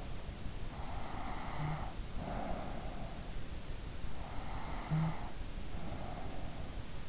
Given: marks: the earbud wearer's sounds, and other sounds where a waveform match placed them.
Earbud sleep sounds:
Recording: sounds in sleep by an in-ear microphone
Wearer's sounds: snoring breath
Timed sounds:
0.74-2.91 s: snoring breath
3.88-6.34 s: snoring breath

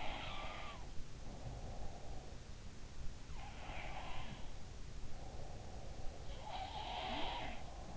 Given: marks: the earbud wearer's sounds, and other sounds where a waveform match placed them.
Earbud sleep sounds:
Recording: sounds in sleep by an in-ear microphone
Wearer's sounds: breath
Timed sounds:
0.00-2.80 s: sound from someone else or the room
0.85-2.80 s: breath
3.11-7.97 s: sound from someone else or the room
4.93-7.97 s: breath

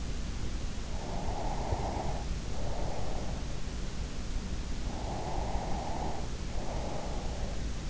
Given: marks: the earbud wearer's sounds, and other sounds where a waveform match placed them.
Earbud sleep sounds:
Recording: sounds in sleep by an in-ear microphone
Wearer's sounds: breath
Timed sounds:
0.76-3.62 s: breath
4.54-7.90 s: breath

